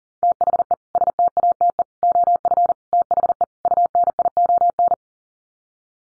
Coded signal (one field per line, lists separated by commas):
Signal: Morse code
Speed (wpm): 40 wpm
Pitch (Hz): 700 Hz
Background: none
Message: THE STATE OF THE UNION